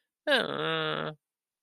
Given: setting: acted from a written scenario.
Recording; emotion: vocal sound without words; sadness